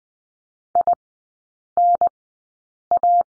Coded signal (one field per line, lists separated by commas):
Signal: Morse code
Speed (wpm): 20 wpm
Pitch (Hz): 700 Hz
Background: none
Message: INA